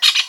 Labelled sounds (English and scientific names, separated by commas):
Brown-throated Parakeet (Eupsittula pertinax) contact call